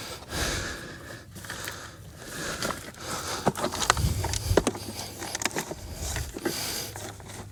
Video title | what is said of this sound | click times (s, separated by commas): Broken French Drain 9in Catch Basin Drain FIXED! [Complete Guide] | there we go now that's properly locked into place | 5.5 s